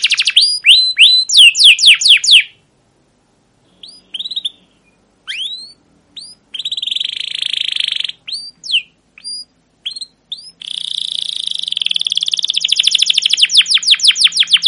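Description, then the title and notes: Canary singing in bursts: quick descending chirps, a pause, scattered whistles, a long buzzy rattling roll, then a fast repeated chirping trill. Captive canary, long continuous chirping song used as a training track for young canaries to learn song. "CUIT CUIT NGEROL LANGSUNG GACOR PANJANG Kenari Ini AMPUH Utk Pancingan KENAR. PANCINGAN Kenari GACOR PANJANG Cuit CUIT EMOSI ini AMPUH utk MASTERAN Kenari PAUD belajar BUNYI. burung kenari"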